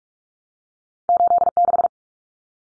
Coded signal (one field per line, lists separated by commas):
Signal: Morse code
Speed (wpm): 44 wpm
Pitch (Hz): 700 Hz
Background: none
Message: 86